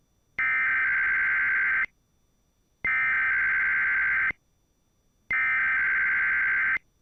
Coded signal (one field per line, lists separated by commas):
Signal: Emergency Alert System (SAME) tones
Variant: header bursts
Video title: EAS 4261-4265 Tests from today